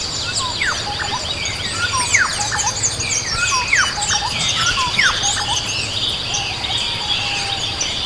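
Bird giving short downward-slurred chirps, several overlapping at an uneven pace, over a steady high-pitched hum and low background noise.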